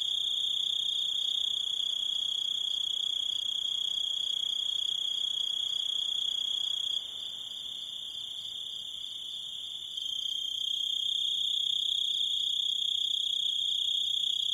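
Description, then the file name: Grasshopper producing a long steady high-pitched buzzing trill, briefly quieter in the middle before returning to full strength. "zvuki kuznechika"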